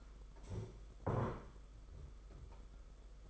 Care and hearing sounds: daily activity, microphone in the room; stand up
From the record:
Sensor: 5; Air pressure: 991.9 hPa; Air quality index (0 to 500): 144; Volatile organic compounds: 140 ppm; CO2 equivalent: 3975 ppm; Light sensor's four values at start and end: 32/108/40/43 and 32/108/40/43

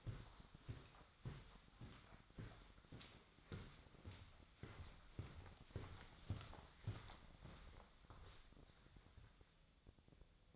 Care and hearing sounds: daily activity, microphone in the room; walk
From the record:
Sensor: 3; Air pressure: 1009.3 hPa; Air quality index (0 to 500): 192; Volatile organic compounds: 4 ppm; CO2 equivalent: 1550 ppm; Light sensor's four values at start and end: 57/146/65/67 and 57/148/65/67

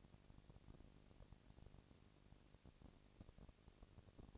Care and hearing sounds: daily activity, microphone in the room; no activity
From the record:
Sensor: 4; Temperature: 22.4 degrees Celsius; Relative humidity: 31.9%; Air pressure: 997.9 hPa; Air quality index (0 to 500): 203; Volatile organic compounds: 17 ppm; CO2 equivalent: 2572 ppm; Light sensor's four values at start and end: 2/3/1/1 and 2/3/1/1

